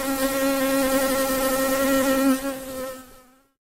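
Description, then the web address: Bee giving a continuous harmonic buzz at a steady pitch that fades away near the end, leaving silence. "animals bee Bee"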